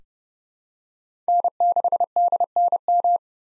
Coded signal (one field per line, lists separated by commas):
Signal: Morse code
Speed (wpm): 31 wpm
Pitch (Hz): 700 Hz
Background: none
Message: N6DNM